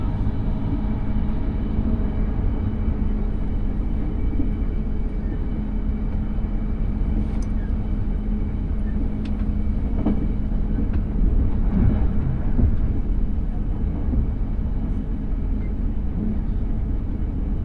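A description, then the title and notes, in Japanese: A train journey on the rails, with a steady, dense low rumble and a constant droning hum that hold level throughout. Brief clicks and rattles cut through around seven, ten and twelve seconds, and faint higher whines come and go. 鉄道旅 佐賀→博多→中洲川端→呉服町。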